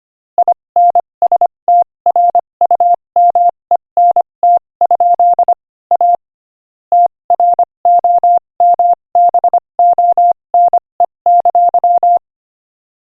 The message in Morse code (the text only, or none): INSTRUMENT? A TROMBONE!